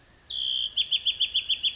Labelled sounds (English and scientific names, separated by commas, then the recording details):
Bewick's Wren (Thryomanes bewickii)
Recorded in Sonoma County, California